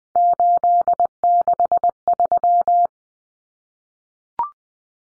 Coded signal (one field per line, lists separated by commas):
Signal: Morse code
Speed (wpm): 20 wpm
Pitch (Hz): 700 Hz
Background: none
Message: 863